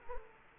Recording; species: mosquito wingbeat signal from an infrared sensor; Culex quinquefasciatus